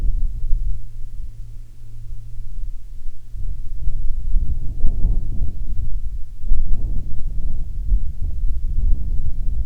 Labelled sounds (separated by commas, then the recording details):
wind
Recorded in the Prudhoe Bay oil fields, Alaska, on 7 August 2019 at 14:23
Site 17